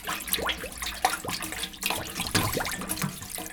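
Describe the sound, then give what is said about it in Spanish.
Water splashes and sloshes continuously as a girl plays in a river, with irregular bursts of bright, bubbly spatter over a steady wet rush. No voices are present. “Andá saliendo del agua ya.”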